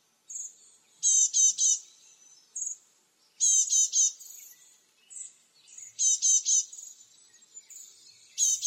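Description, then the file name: Great tit calls: bursts of two to four rapid, harsh buzzy notes, each burst under a second long, separated by thin high single notes and short pauses. "Parus major"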